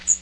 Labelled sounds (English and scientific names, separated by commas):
Magnolia Warbler (Setophaga magnolia) flight call